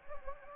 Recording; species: mosquito wingbeat signal from an infrared sensor; Anopheles gambiae